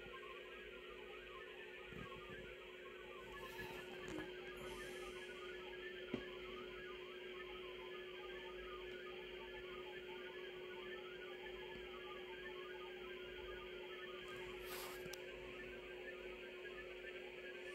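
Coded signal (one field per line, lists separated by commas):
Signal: multi-tone FSK (Olivia or MFSK type)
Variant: Olivia 32/1K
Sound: continuous chirpy hopping tones in a narrow band, like random piping notes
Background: radio static, steady hum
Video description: got this one right first time. 32/1K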